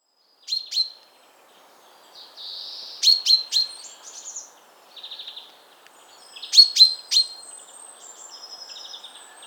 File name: Fringilla coelebs